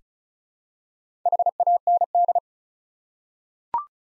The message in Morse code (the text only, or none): HAND